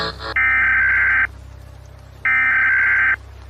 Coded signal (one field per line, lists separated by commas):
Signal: Emergency Alert System (SAME) tones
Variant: header bursts